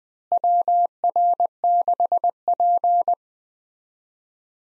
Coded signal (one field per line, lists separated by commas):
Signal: Morse code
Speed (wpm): 20 wpm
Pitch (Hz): 700 Hz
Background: none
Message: WR6P